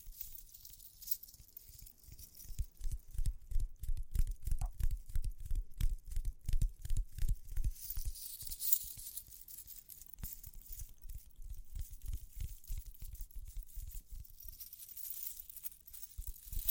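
Tapping and scratching come in quick, dense bursts of soft, low thuds, busiest from about 2 to 9 seconds and again from 11 to 16. A faint, bright hiss and shimmer runs above them, swelling around 8–9 seconds and near the end.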